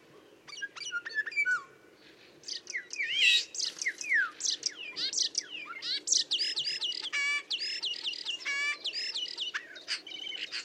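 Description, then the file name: Common starling rambling song: clicks, slurred whistles, and fast mechanical rattles running almost continuously, varied and jumbled. "Storno"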